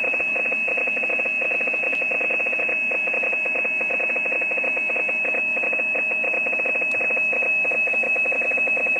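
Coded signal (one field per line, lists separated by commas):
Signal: PSK31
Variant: overdriven, splattering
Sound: loud steady high tone with rapid harsh warbling clicks spread across wide band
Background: radio static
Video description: .. all the others cant't hear each other no more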